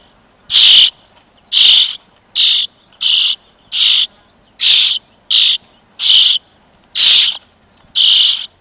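European starling repeating rasping, buzzy calls roughly once a second, ten short bursts with steady loudness and little else audible.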